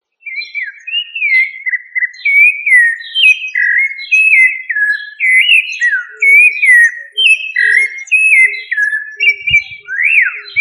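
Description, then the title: Thrush singing a long, continuous series of varied fluty whistles, each phrase sliding up or down, delivered in quick succession and ending with a swoop that rises then falls. "Familia Turdidae - Sabia"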